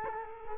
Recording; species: mosquito wingbeat signal from an infrared sensor; Culex quinquefasciatus